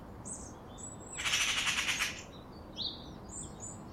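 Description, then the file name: Eurasian magpie giving a harsh, rattling chatter of rapid repeated notes lasting about a second, with thin high bird chirps before and after. "Pica pica"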